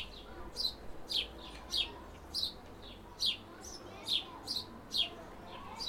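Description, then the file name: House sparrow giving a run of sharp single chirps, some louder than others, against a quiet steady background. "Passer domesticus"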